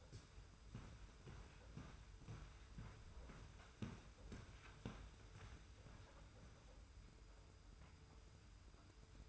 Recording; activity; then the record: daily activity, microphone in the room; walk to room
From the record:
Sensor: 2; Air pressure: 991.1 hPa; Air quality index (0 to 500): 111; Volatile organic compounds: 51 ppm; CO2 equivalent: 3314 ppm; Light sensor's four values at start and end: 34/100/39/38 and 34/102/40/38